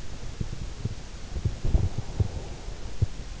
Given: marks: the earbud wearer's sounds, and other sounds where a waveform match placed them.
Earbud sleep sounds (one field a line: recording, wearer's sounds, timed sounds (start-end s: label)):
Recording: sounds in sleep by an in-ear microphone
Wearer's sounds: breath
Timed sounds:
0.00-3.04 s: breath